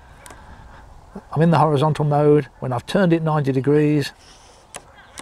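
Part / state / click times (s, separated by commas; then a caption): rotating tripod collar on a telephoto zoom lens / seated / 4.8 s, 5.2 s. Someone talks while the rotating tripod collar on an OM System 150-400mm telephoto zoom lens is turned 90 degrees into the horizontal position. Small clicks come at 4.8 s and 5.2 s as the collar drops into its detent groove and seats.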